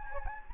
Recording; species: mosquito wingbeat signal from an infrared sensor; Anopheles gambiae